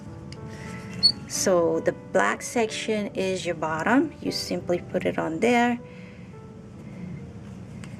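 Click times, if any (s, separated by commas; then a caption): none. A plastic snap button is being set into a fabric bag flap: the black bottom section is placed onto the pliers and the parts are lined up on the fabric. Someone talks over light music, with faint handling ticks around 0.3 s and 7.8 s. Nothing has been squeezed or snapped yet.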